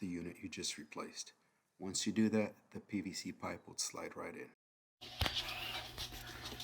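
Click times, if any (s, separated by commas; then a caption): 5.2 s, 5.3 s. Someone talks, then after a short pause a plastic inlet lip is pushed into a condensate pump housing. It pops into place with two sharp clicks at 5.2 s and 5.3 s and is seated.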